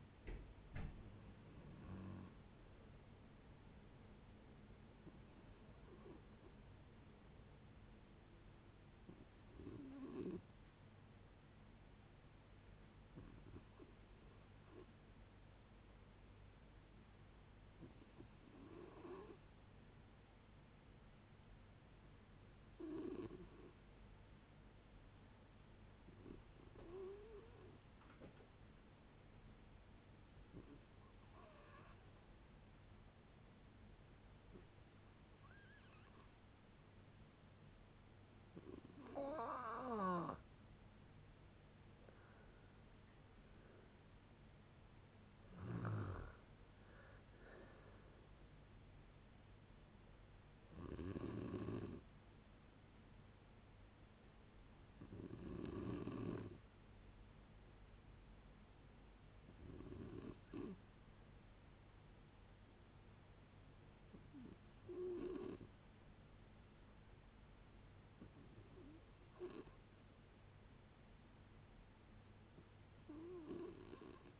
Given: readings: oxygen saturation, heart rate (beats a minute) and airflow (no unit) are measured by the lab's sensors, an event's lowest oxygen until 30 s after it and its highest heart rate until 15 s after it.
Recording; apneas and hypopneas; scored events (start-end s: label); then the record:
a person awake in a sleep study, by a voice recorder at the bedside; none
0.00-74.39 s: awake
0.00-74.39 s: awake
From the record:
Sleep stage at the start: awake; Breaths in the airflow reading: 27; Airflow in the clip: -0.6 to 0.6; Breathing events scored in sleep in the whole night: 496 in 5.4 hours asleep